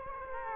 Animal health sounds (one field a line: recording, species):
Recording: mosquito wingbeat signal from an infrared sensor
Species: Culex quinquefasciatus